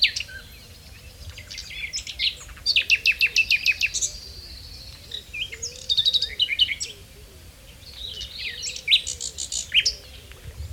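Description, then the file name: Common nightingale song in several bursts of fast repeated notes and whistles separated by short pauses. "Luscinia megarhynchos"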